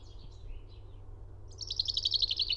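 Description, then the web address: Finch song: a fast, rattling run of high notes sliding gently downward in the second half, after a few faint thin notes, over low background rumble. "fugl b-finke"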